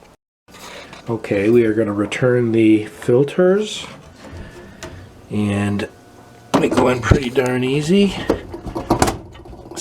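A cleaned plastic dishwasher filter is pushed back into its housing in the floor of the dishwasher tub while someone talks. Sharp clicks at 8.9 s and 9.0 s mark it snapping into place, and the filter is seated.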